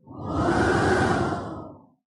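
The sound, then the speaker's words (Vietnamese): A single whooshing gust of wind swells up over about a second, holds as a broad rushing roar, then fades out. No voices are heard. “Tiếng gió rít gào, quyển tranh trải rộng ra, bầu trời trong xanh biến mất, hóa thành một cái mảnh thế giới nuốt sống Diệp Phàm trong đó, biến mất tâm tích.”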